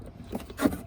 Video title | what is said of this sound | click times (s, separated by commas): Yamaha G29 Drive Golf Cart Key Switch Assembly Replacement - JW1-H2510-00-00 | like that and once it's in it snaps in place you can't fold it back out | 0.3 s, 0.5 s